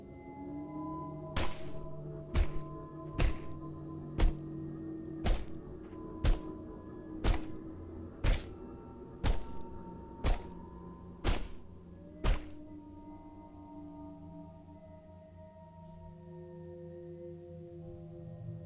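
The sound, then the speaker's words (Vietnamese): A knife chops down hard again and again as a man hacks at a woman's body, about eleven sharp thunking strikes at a steady pace of roughly one per second, over a low sustained drone, then stops and the drone lingers. “Cứ như vậy, ông Hoàng từng nhát băm dao xuống. Âm thanh ghê rợn vang lên.”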